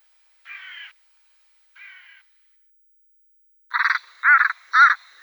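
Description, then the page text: Hooded crow calls: two soft drawn-out caws, then a quick burst of three louder, clipped caws. "аудиоопределитель Б.Н. и О.Д. Вепринцевых) Серая ворона"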